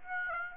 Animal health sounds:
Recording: mosquito wingbeat signal from an infrared sensor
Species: Aedes aegypti

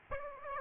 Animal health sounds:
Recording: mosquito wingbeat signal from an infrared sensor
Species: Aedes aegypti

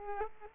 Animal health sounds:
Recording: mosquito wingbeat signal from an infrared sensor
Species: Aedes aegypti

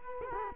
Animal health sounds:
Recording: mosquito wingbeat signal from an infrared sensor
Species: Culex quinquefasciatus

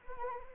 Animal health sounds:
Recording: mosquito wingbeat signal from an infrared sensor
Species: Anopheles arabiensis

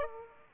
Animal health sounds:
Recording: mosquito wingbeat signal from an infrared sensor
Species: Aedes aegypti

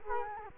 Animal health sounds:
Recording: mosquito wingbeat signal from an infrared sensor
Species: Culex quinquefasciatus

